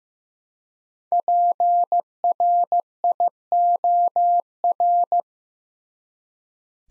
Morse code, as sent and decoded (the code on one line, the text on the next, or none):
.--. .-. .. --- .-.
PRIOR